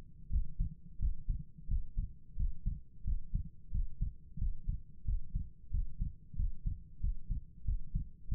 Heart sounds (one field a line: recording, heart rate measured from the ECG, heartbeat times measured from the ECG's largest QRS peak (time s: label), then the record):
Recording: heart sounds by stethoscope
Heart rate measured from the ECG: 90 bpm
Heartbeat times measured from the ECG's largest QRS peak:
0.28 s: heartbeat
0.97 s: heartbeat
1.66 s: heartbeat
2.35 s: heartbeat
3.02 s: heartbeat
3.69 s: heartbeat
4.36 s: heartbeat
5.03 s: heartbeat
5.69 s: heartbeat
6.34 s: heartbeat
6.99 s: heartbeat
7.63 s: heartbeat
8.27 s: heartbeat
From the record:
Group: healthy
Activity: breath hold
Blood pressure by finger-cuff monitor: 99/63 mmHg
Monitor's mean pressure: 75 mmHg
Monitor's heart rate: 89 bpm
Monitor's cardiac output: 7 L/min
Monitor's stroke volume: 79 mL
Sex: female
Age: 32 years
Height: 172 cm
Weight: 71.7 kg